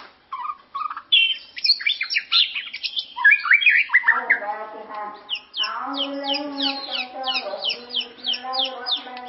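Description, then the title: White-rumped shama song of sweeping whistles, then a run of quick descending slurred notes repeated rapidly, with a constant layered buzzy drone underneath. "murai batu"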